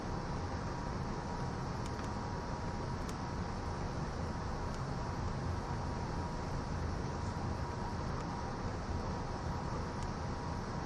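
The E261 series Saphir Odoriko limited express train: a steady, dense low rumble of running noise, a faint constant whine, and occasional brief clicks.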